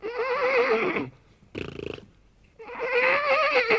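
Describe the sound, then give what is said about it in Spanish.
A voice mimics a horse, giving two long, loud, quavering whinnies with a short buzzing, snort-like burst between them. No words are spoken. “Caballico, que estamos llegando, hombre, no te impacientes.”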